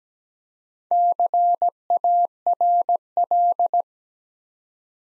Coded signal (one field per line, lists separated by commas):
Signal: Morse code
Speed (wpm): 17 wpm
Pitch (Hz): 700 Hz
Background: none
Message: CARL